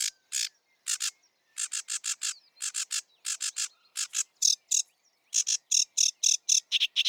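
Sedge warbler song made of clusters of harsh, scratchy notes delivered in quick bursts of a few at a time, separated by short pauses.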